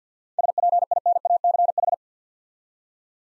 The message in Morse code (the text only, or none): SPINACH